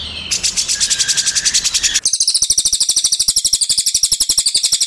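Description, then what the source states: Bird song: a high, rapid pulsing trill with a lower whistled tone, switching suddenly at two seconds to a quick run of sharp, evenly repeated high chirps. Used for training songbirds.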